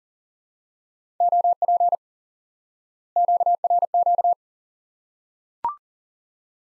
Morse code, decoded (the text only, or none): OP QRQ